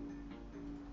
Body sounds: background sound without coughing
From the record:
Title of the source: BackgroundMusic3

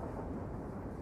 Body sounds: background sound without coughing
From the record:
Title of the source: Train Ride Ambience ambient white noise for sleeping, focus, studying, reading

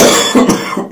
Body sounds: coughing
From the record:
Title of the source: Spring Cold Coughing 3

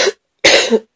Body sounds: coughing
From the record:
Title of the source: 55 gaggy wet cough

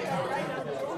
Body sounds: coughing mixed with background sound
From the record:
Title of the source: 1125 Coughing SOUND Effect

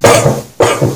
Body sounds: coughing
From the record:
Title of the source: Cough Around the Clock!

